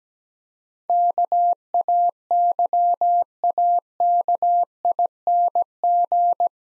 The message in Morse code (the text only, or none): KAYAKING